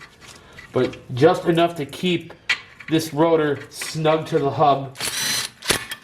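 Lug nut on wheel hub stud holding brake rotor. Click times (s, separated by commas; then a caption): 5.7 s. Someone talks while an impact tool runs a steel M12x1.5 hex nut down a wheel stud to snug the brake rotor to the hub of a 2019 Hyundai Sonata SE during a Power-Stop brake job. The nut is only snugged, not torqued, to keep the rotor against the hub. A short broadband burst is followed by a single sharp hammer click at 5.7 s, which is all that is needed.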